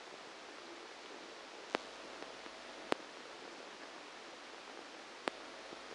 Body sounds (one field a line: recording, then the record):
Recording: brain microelectrode recording played as sound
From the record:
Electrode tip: outside the subthalamic nucleus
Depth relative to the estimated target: -10 mm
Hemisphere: left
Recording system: NeuroSet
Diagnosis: Parkinson's disease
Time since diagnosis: 8 years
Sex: male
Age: 58 years